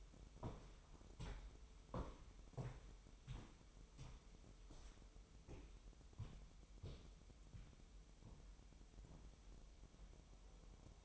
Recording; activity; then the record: daily activity, microphone in the room; walk to room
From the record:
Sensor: 1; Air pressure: 988.3 hPa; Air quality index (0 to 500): 199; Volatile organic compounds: 1000 ppm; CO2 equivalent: 5342 ppm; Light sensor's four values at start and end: 26/95/36/38 and 26/97/37/38